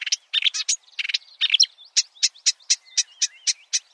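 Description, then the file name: Marsh warbler song: a few scratchy chattering bursts, then a steady series of sharp chirps, with a thin wavering whistle behind. "suara-kicauan-burung-marsh-warbler -omkicau"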